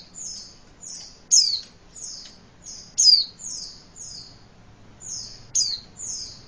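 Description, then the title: White-eye calling with a series of high chirps, with a few louder falling notes among them. "Pleci"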